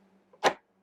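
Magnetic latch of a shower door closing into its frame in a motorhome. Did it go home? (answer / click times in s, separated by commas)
yes / 0.3 s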